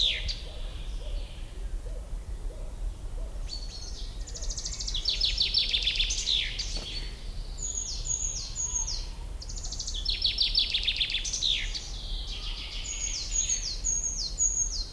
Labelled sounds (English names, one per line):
Eurasian Treecreeper song